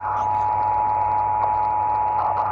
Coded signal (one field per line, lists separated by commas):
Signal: Emergency Alert System (SAME) tones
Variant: 853 and 960 Hz attention tone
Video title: [EAS #3259-#3260] Ventura County Required Monthly Test (5/6/25)